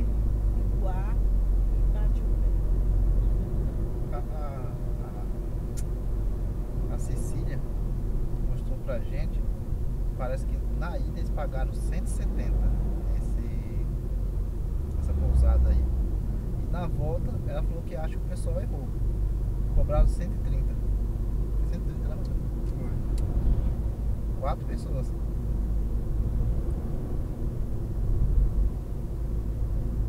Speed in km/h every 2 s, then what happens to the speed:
57, 58, 59, 59, 51, 49, 47, 45, 46, 48, 48, 49, 50, 53, 52.
0-6 steady at about 58. 6-14 slows to 45. 14-30 steady at about 48.